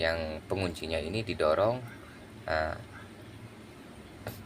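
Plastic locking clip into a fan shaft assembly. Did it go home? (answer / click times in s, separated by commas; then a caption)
yes / 4.3 s. A plastic locking clip on an electric fan's shaft or blade assembly is pushed in by hand while someone talks. After the talking stops, a short, sharp click is heard at 4.3 seconds as the clip seats and locks into place.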